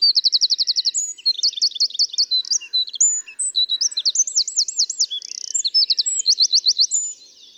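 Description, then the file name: Eurasian wren song opening with a fast trill, followed by bursts of high chattering notes, looping trills and a buzzy rattle before fading near the end. "Troglodytes troglodytes"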